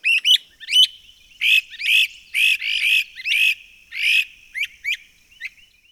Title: Great Crested Flycatcher